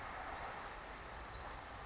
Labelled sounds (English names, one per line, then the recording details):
Western Flycatcher
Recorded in Sonoma County, California